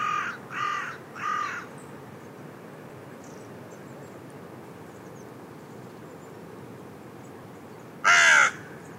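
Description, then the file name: Carrion crow cawing, three hoarse caws in quick succession, then a quiet pause and one louder, harsher caw near the end. "Corvus corone"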